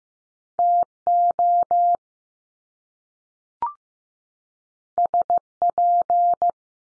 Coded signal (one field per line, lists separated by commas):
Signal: Morse code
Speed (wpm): 15 wpm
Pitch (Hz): 700 Hz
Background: none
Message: T OS P